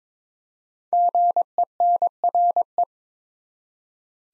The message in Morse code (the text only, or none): GENRE